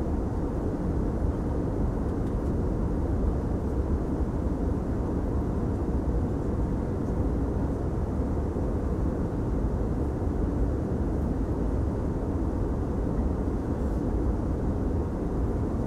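A steady, dense low rumble fills the inside of an airplane cabin, unchanging throughout, with the muffled roar concentrated in the deep range.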